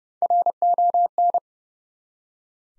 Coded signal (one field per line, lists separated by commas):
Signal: Morse code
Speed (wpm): 32 wpm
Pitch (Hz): 700 Hz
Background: none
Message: RON